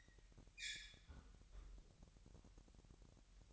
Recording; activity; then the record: daily activity, microphone in the room; close fridge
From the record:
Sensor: 3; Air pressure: 1001.9 hPa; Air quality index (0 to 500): 245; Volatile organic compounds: 50 ppm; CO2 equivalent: 3295 ppm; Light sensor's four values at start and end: 12/36/16/13 and 12/36/16/13